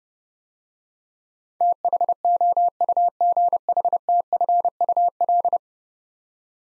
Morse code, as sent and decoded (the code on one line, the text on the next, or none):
- .... --- ..- --. .... - ..-. ..- .-..
THOUGHTFUL